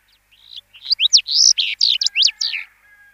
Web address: Schulze Peter House Bunting song